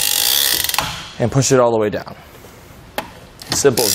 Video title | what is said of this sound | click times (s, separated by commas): etrailer - Fit Check: Testing Kuat Piston Pro X Bike Rack for 2 Bikes on a 2022 Tesla Model Y | So hear those clicks and | 0.6 s, 0.7 s, 0.8 s